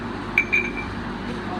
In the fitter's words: again you can actually feel a clock if you put your hands around it yep you can feel it click